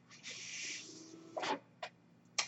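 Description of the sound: A soft airy whoosh of forced airflow followed by brief mechanical clicks and puffs: a home mechanical ventilator cycling.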